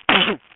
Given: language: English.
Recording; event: throat vibration sensor signal played as sound; cough